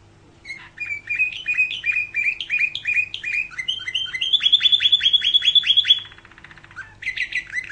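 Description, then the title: Canary song of rapid, evenly repeated trilled notes stepping higher, a short buzzy rattle after six seconds, then a fresh phrase begins. "Kenari"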